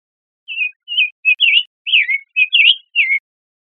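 Summer tanager singing a quick run of several short, burry whistled phrases that rise and fall, delivered steadily over about three seconds against a silent background.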